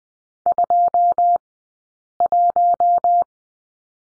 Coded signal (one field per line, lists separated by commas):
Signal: Morse code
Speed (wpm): 20 wpm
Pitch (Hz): 700 Hz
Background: none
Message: 21